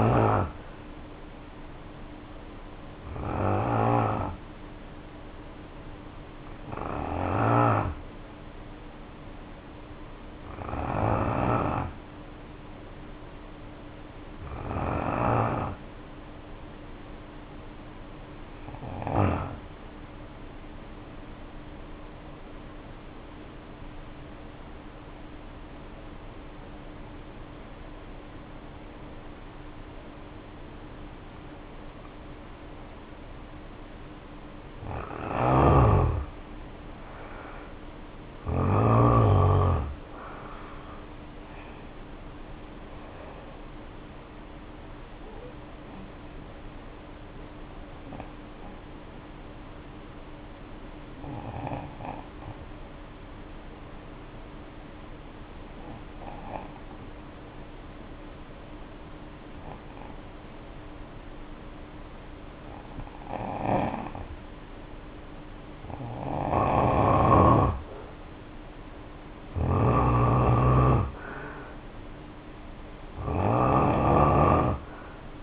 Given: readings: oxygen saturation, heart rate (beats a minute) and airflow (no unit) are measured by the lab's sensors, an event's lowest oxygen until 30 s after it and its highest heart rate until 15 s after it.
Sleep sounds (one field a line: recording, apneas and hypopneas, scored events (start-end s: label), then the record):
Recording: breathing in sleep by a voice recorder at the bedside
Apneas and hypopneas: 2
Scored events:
1.00-31.00 s: new sleep stage, N2 (light sleep)
21.00-35.20 s: obstructive apnea (N2, oxygen 95% highest, then 77% lowest, heart rate 62 at the start, 73 highest)
31.00-61.00 s: new sleep stage, N1 (lightest sleep)
51.00-67.00 s: hypopnea (N1, oxygen 93% highest, then 82% lowest, heart rate 57 at the start, 69 highest)
61.00-75.43 s: new sleep stage, N2 (light sleep)
From the record:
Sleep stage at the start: N1 (lightest sleep)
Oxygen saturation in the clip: 77 to 95%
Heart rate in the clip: 56 to 73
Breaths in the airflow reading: 14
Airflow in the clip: -11.0 to 10.3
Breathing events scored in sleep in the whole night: 520 in 7.2 hours asleep